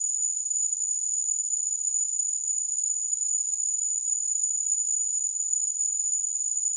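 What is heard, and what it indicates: Simulated tinnitus: a steady, unbroken high-pitched tone near 7 kHz over a faint high-frequency hiss, constant in loudness throughout.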